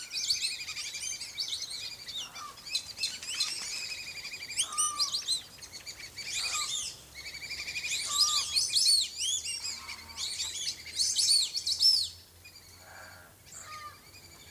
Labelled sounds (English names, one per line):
White-faced Whistling Duck call